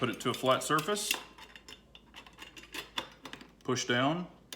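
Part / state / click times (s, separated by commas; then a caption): magazine extension baseplate onto pistol magazine body / not seated / none. A Tyrant Designs +2 magazine extension baseplate for an M&P Shield is pushed down onto the pistol magazine body against a flat surface while someone talks, with a few light handling taps and scrapes in between. Nothing has seated or clicked yet; the clip ends just before the baseplate locks home.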